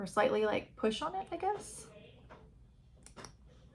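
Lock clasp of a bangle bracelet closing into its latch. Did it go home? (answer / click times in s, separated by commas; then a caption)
yes / 3.1 s. Someone talks, then pushes the lock-style clasp of a silver metal bangle bracelet closed on their wrist. It gives a short, sharp click at 3.1 s, with a fainter click at 3.3 s, and the clasp clicks into its latch and is seated.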